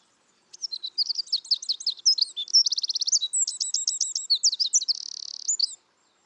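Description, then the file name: Eurasian wren delivering one complete song of about five seconds, packed with shrill, fast trills, rattles and sharp notes at a high pitch. "Troglodytes troglodytes"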